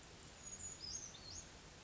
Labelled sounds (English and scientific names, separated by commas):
Brown Creeper (Certhia americana)